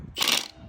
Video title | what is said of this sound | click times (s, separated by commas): Replacing the front shocks on a 2006 GMC 2500HD | good a little more I want to hear it click a couple times | 0.3 s, 0.5 s